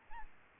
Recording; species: mosquito wingbeat signal from an infrared sensor; Aedes albopictus